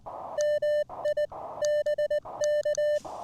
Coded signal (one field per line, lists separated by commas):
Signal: Morse code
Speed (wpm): 20 wpm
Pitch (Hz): 600 Hz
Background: none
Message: MI BK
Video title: New-To-Me Elecraft K1 And A New Prototype Paddle! A CW POTA Activation.